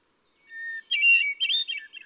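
Hermit thrush song phrase: a clear, steady introductory whistle, then a quick, ringing, flute-like flourish of rising and falling notes.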